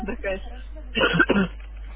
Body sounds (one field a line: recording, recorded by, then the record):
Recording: voluntary cough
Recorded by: telephone call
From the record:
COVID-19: negative